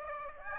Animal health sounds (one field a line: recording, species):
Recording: mosquito wingbeat signal from an infrared sensor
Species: Aedes aegypti